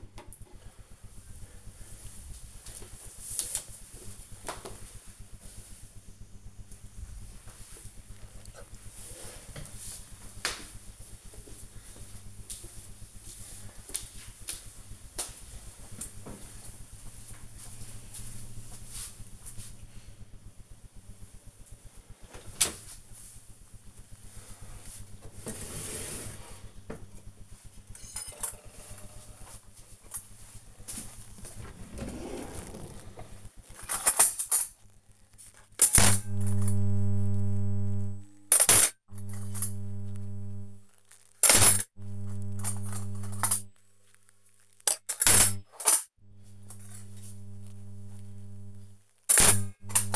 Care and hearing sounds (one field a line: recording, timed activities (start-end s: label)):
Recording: household activities, microphone on the right wrist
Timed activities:
21.05-50.16 s: cleaning out the dishwasher